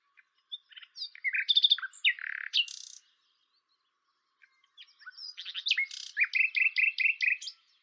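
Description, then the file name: Common nightingale song: two varied phrases of chirps, trills and buzzy notes separated by a short pause, the second ending in a rapid repeated series. "Luscinia megarhynchos"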